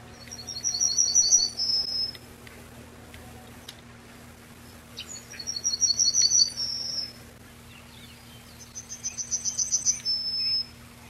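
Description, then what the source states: Yellowhammer sings three songs, a few seconds apart, each a quick string of high chipping notes, then a drawn-out final note. Recorded 10 July 1991.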